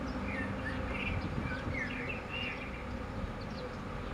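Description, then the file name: Common blackbird singing a run of rich, warbled fluting notes, then falling quiet, against constant low background noise and faint high twitters. "Turdus merula"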